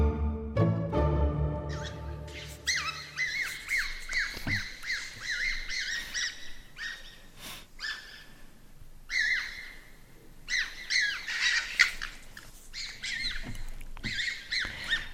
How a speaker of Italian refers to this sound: Le sentite? Facciamole sentire ancora in sottofondo. Queste sono le volpi. È il verso delle volpi che stanno prendendo d'assalto la città di Roma. Sì, perché a Roma stanno arrivando le volpi, probabilmente in tante altre città d'Italia.